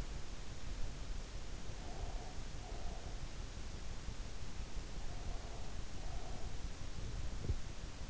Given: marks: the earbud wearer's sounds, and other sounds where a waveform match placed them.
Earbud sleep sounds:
sounds in sleep by an in-ear microphone; breath, swallowing
1.79-3.16 s: breath
5.11-6.55 s: breath
7.29-7.66 s: swallowing

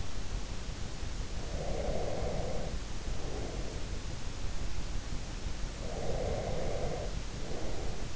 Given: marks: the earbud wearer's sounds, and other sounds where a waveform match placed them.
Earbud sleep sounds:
sounds in sleep by an in-ear microphone; breath
1.32-4.10 s: breath
5.78-8.16 s: breath

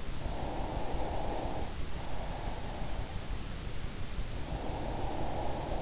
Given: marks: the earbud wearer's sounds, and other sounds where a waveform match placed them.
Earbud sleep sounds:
sounds in sleep by an in-ear microphone; breath
0.06-3.42 s: breath
4.08-5.82 s: breath

